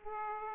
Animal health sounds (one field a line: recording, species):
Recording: mosquito wingbeat signal from an infrared sensor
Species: Aedes aegypti